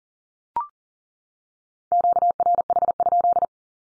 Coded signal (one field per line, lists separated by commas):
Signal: Morse code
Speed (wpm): 40 wpm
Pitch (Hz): 700 Hz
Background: none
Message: QRH?